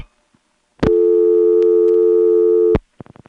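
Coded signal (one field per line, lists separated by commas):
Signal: telephone call progress tone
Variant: North America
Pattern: dial tone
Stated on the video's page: Senderized XY step switching office in Lexington, SC.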